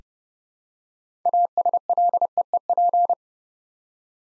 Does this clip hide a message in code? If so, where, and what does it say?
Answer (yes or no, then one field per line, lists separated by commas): yes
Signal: Morse code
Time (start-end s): 1.3-3.1 s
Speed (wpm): 30 wpm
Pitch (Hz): 700 Hz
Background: none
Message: ASLEEP